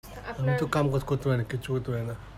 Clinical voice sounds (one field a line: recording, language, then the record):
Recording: elicited speech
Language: Bengali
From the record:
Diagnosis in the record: Broca's or global aphasia after a stroke